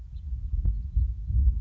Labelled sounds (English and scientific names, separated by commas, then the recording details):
House Finch (Haemorhous mexicanus)
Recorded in Sonoma County, California